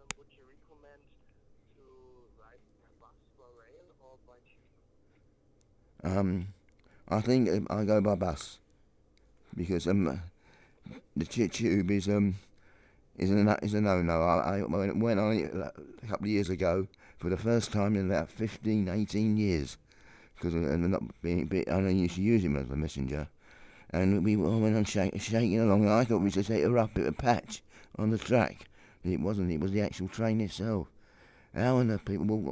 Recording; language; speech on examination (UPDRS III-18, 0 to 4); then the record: conversation on a phone call; English; 1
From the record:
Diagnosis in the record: Parkinson's disease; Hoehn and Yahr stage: 4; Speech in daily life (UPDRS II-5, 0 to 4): 1